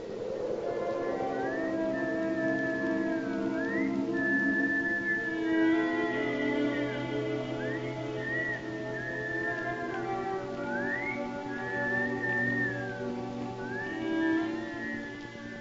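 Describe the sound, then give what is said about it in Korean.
Children whistle a tune together, bright sustained notes broken by quick upward slides, repeating over a steady, droning musical backdrop without any talking. “노마의 말이 끝나자 어린 시절의 아들딸들이 휘파람을 불며 모두 나타납니다.”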